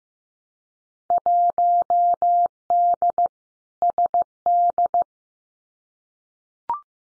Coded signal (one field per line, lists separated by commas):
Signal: Morse code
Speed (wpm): 15 wpm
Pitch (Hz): 700 Hz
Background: none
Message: 1D SD